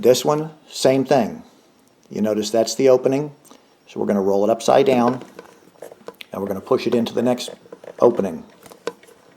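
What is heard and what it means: Someone talks while a plastic electrical connector for a Honda EU7000iS generator extended run fuel kit is turned upside down and lined up to be pushed into the next opening of the stock generator wiring harness. Brief small handling taps are heard around 5.8–6.2 s and 8.7–9.4 s. The connector has not seated or clicked yet.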